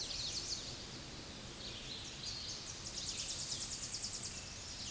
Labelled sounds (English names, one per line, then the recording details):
Tennessee Warbler song
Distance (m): 25 m
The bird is about 5 m above the microphone
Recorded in a Pennsylvania forest on 16 May 2024 at 08:15
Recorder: AudioMoth, point MSD-0521
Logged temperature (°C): 15.8 °C
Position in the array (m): 69 m, 94 m